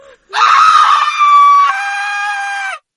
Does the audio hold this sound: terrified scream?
yes